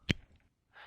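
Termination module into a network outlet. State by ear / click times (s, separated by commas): partly seated / 0.1 s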